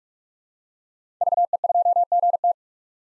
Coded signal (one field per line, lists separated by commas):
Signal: Morse code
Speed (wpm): 45 wpm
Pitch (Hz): 700 Hz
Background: none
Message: VE2GT